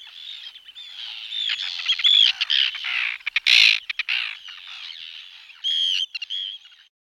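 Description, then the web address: Arctic tern calls, grating and piping notes, some rising squeals and clipped chatter, with a loud harsh burst near the middle and a pause near the end. "Havterne"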